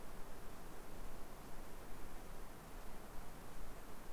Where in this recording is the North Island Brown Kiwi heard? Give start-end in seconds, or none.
none